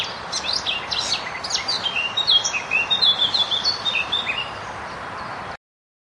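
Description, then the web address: Eurasian blackcap song: a quick run of scratchy, chattering warble that breaks into several clear, fluty whistled notes. Recorded at Zakole Wawerskie, Warsaw. "zakole-wawerskie nagrania kapturka"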